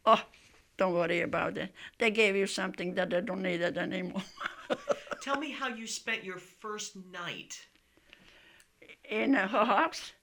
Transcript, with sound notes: Oh, don't worry about it. They gave you something that they don't need it any more. (laughing)
Tell me how you spent your first night?
In her house?